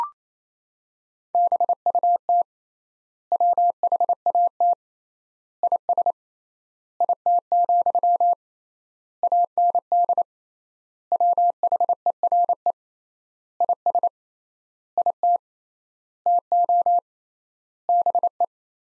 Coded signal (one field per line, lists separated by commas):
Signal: Morse code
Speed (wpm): 28 wpm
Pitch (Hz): 700 Hz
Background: none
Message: BUT WHAT IS IT, AND WHERE IS IT TO BE